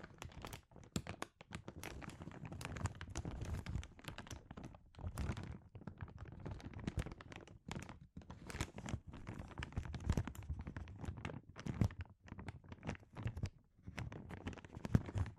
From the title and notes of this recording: ASMR Sensitive Crinkles (No Talking).